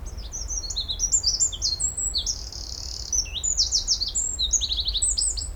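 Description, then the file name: Eurasian wren song, a fast, unbroken stream of high, sharp notes and rattling trills running through the whole stretch, over a low background rumble. "Troglodytes troglodytes"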